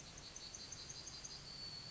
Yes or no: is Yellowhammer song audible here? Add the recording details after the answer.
yes. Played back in forest. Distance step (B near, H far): F. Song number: 134